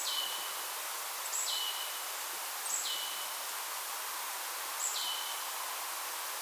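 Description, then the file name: Marsh tit calling: four thin high notes, each sliding down into a short lower trailing sound, fairly faint against a strong hiss. "Poecile palustris"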